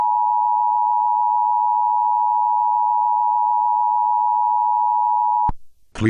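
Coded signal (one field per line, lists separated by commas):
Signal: Emergency Alert System (SAME) tones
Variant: 853 and 960 Hz attention tone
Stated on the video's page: Fictional simulated scenario.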